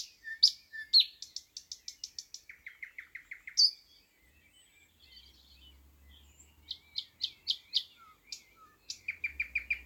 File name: thrush nightingale - luscinia luscinia